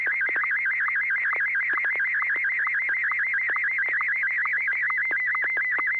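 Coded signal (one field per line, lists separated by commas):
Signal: SSTV (slow-scan television)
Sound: warbling tone rapidly wavering up and down, with regular short low blips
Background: low steady hum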